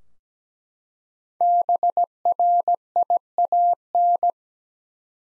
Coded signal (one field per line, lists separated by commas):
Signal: Morse code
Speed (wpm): 17 wpm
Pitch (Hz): 700 Hz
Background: none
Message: BRIAN